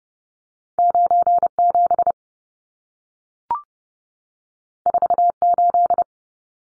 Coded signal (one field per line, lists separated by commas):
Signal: Morse code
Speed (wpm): 30 wpm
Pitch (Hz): 700 Hz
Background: none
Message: 97 48